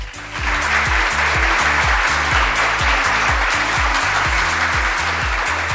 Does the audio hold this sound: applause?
yes